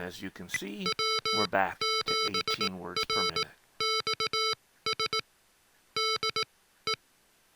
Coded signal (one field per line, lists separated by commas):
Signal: Morse code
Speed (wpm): 17 wpm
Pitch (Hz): 1320 Hz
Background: speech, music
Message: W7RXS DE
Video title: Mr. Rags Macro Keyer - Pt 5 - Special Features